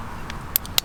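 A plastic hose quick-connect fitting is pushed onto a garden tap or sprinkler connector against a low, steady background hum. After a faint tick at 0.3 s, two sharp, fast-fading clicks land at 0.6 s and 0.8 s, with a softer tick between them. The fitting snaps on and is seated.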